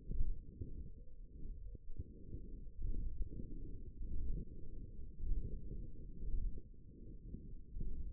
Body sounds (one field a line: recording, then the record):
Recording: forearm muscle sounds (acoustic myography)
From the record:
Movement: radial deviation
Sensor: system 1, eight BSWA MPA416 microphones around the upper forearm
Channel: 3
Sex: female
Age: 21 years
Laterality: right